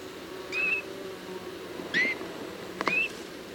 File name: Pyrrhula pyrrhula